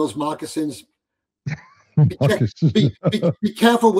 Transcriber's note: laughs